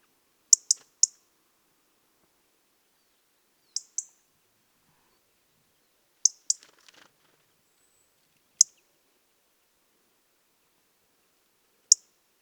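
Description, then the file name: European robin uttering clipped, high ticks in small clusters, then single ticks with longer gaps, in an otherwise quiet setting. "Erithacus rubecula"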